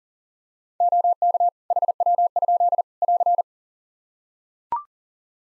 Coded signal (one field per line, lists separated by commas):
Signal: Morse code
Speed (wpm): 40 wpm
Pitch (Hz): 700 Hz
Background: none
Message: OK HW? <AR>